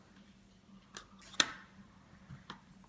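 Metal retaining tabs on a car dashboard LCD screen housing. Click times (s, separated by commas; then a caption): 1.4 s. After the LCD screen is refitted in a BMW 5 Series F10 dashboard, the flexible metal retaining tabs on the top of the screen housing are pushed back in. Faint ticks near 1.0 s and 2.5 s surround a sharp metallic click at 1.4 s, when the tabs snap into place and the screen is seated.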